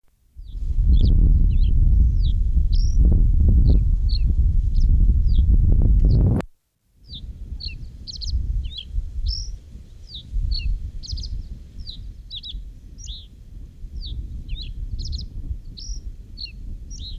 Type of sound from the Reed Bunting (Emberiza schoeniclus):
song